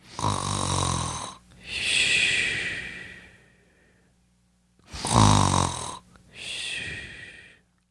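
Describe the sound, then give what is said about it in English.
A person snores in two cycles, each a rough, rumbling inhale followed by a raspy, breathy exhale, with a pause of quiet between them. No talking. “I know, it's pretty ugly, but that is me snoring.”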